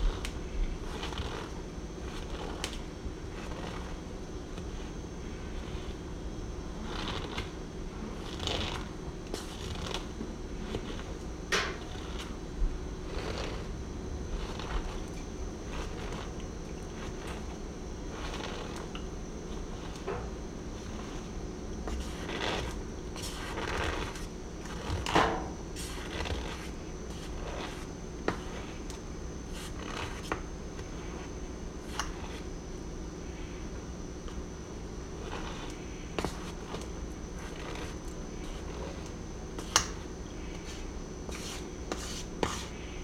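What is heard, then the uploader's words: Corn starch is squeezed and pressed, making frequent short crunches and squeaks that come in irregular bursts across the whole clip. A few sharper crackles stand out near 25 and 40 seconds. Underneath, a steady low hum continues throughout. ASMR Radio- Crunchy Squeaky Corn Starch.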